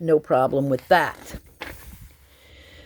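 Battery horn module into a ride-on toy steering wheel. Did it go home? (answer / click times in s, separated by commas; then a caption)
yes / 1.6 s. Someone talks, then at 1.6 s a single sharp snap is heard as a plastic battery horn module, fitted with two AAA batteries, is pressed into the plastic steering wheel of an F150 Raptor ride-on toy truck. The horn module seats in the steering wheel.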